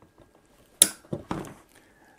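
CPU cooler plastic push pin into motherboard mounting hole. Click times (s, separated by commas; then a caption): 0.8 s. The opposite plastic push pin of a stock Intel LGA1700 12th Gen CPU cooler is pressed into its motherboard mounting hole, which may need a little pressure. A sharp, bright snap at 0.8 s is followed by softer knocks around 1.1 and 1.3 s. The push pin snaps in and is seated at 0.8 s.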